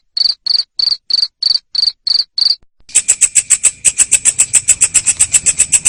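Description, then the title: Cricket chirps, high buzzy pulses about three a second, give way after a short pause to a faster, shriller pulsing sound with a faint low rumble. Loud chirping cricket (jangkrik ngerik) sound used to stimulate lovebirds to sing (ngekek) continuously. "Suara JANGKRIK NGERIK Keras Bikin LOVEBIRD Jadi NGEKEK Terus"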